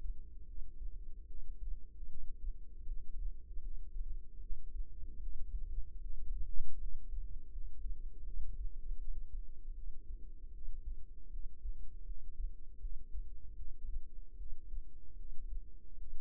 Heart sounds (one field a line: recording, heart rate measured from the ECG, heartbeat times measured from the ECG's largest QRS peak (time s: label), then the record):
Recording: heart sounds by microphone in the right ear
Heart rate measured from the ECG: 77 bpm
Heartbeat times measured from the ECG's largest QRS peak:
0.45 s: heartbeat
1.26 s: heartbeat
2.08 s: heartbeat
2.86 s: heartbeat
3.60 s: heartbeat
4.40 s: heartbeat
5.20 s: heartbeat
6.00 s: heartbeat
6.78 s: heartbeat
7.50 s: heartbeat
8.24 s: heartbeat
8.98 s: heartbeat
9.74 s: heartbeat
10.51 s: heartbeat
11.29 s: heartbeat
12.04 s: heartbeat
12.79 s: heartbeat
13.55 s: heartbeat
14.37 s: heartbeat
15.16 s: heartbeat
15.97 s: heartbeat
From the record:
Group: healthy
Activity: rest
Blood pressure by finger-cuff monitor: 115/67 mmHg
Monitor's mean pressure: 88 mmHg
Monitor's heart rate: 76 bpm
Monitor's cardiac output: 7.5 L/min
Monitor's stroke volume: 97 mL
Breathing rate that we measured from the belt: 13 breaths a minute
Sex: female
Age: 22 years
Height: 161 cm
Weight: 65.5 kg